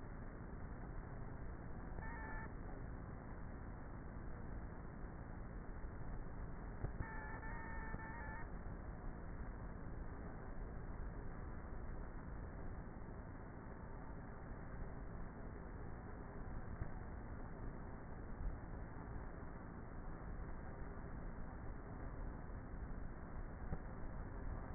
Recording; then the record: honeybee colony, microphone inside the hive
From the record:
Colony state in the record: queenless with a low population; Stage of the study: before two queens were removed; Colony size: about 30,000 bees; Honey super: no